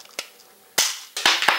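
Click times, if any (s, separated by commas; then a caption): none. A brass cartridge case is held in a hand priming tool during priming, but it does not catch properly in the case holder, and the case and primer fly out. Sharp snapping clacks sound at about 0.8, 1.3 and 1.5 seconds, after a fainter tick near 0.2 seconds. The case has not seated or clicked into the holder.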